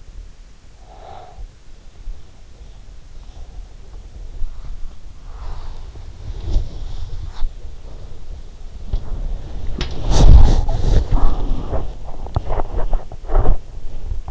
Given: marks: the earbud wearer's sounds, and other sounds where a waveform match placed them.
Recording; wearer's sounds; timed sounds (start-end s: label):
sounds in sleep by an in-ear microphone; breath, body movement
0.77-1.90 s: breath
5.36-14.31 s: body movement